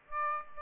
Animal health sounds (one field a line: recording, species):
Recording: mosquito wingbeat signal from an infrared sensor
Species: Aedes aegypti